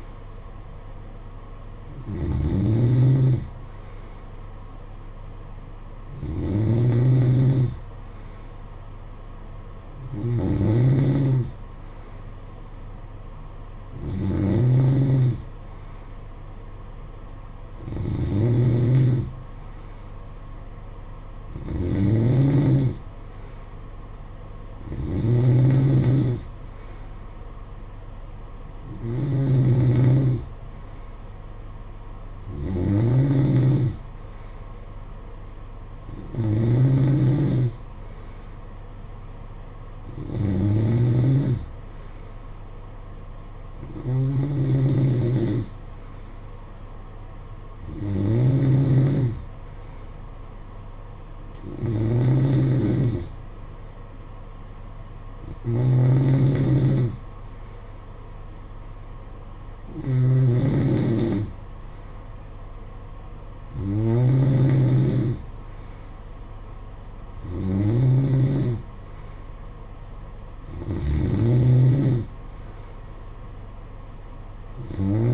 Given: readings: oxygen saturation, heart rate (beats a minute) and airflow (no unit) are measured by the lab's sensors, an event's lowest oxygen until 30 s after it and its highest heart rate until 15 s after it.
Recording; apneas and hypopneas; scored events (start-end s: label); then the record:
breathing in sleep by a smartphone at the bedside; none
none scored
From the record:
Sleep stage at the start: N2 (light sleep); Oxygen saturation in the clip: 92 to 93%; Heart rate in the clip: 55 to 61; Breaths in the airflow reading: 19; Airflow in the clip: -8.9 to 6.2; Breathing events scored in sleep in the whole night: 476 in 9.7 hours asleep